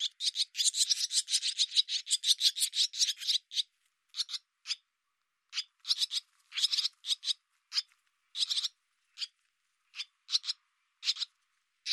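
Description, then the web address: Barn swallow calls: a long, rapid, rasping run of notes, then separate scratchy bursts with gaps between them. "cianscape birddata Deverinetal 2025"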